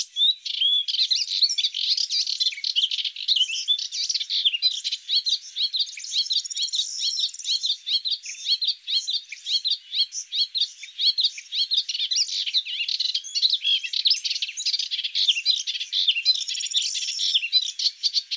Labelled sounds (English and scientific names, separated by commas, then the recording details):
Melodious Warbler (Hippolais polyglotta) song
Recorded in the wild
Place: St. Laurent des Arbres und Umgebung, FR
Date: 2008-05-15
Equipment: MiniDisc Sharp MT 20 H
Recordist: Schwarz, Dieter
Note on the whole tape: Song